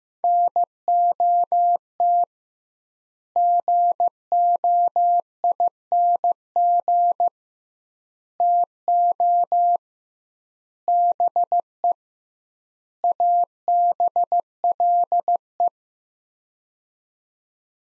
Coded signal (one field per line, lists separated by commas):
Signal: Morse code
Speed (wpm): 15 wpm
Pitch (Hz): 700 Hz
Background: none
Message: NOT GOING TO BE ABLE